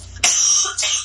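Two short, harsh, breathy cough bursts about half a second apart, the first louder, from an adult woman who is sick, coughing close to the microphone. Dry-sounding cough with no wheeze or rattle heard.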